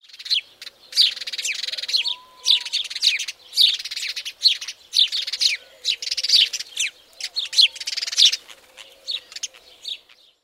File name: housesparrow